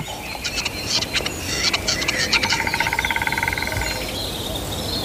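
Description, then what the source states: Grouse display call: rhythmic dry ticking notes that speed up into a rapid rattling run, over steady rushing water. Spring, deep forest beside rushing stream after winter; male displaying to impress females watching from branches; females find the sound pleasant.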